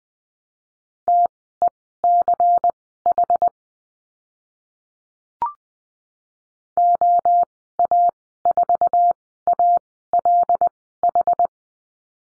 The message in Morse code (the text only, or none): TECH OA4ALH